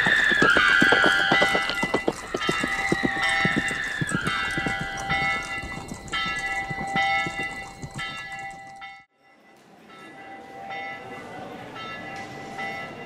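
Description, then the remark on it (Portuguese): A dense, rapid clatter of many horses' hooves from an arriving cavalcade, mixed with steady ringing bell-like tones. It is loud, then briefly cuts out and resumes more softly. “O pessoal da cavalgada tá chegando!”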